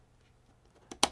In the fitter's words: and just push it down it's going to lock into place it's got this little white lever here